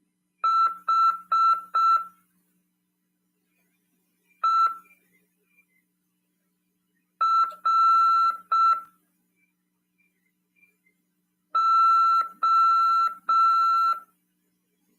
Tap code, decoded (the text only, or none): none